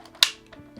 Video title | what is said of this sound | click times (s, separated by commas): This is a "Nerf Gameboy" | that click then it's ready to go | 0.2 s